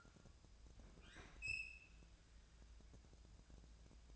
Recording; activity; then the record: daily activity, microphone in the room; open fridge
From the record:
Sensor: 2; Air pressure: 999.9 hPa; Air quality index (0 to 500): 124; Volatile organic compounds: 2 ppm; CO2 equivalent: 1067 ppm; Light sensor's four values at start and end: 32/80/34/38 and 32/79/34/38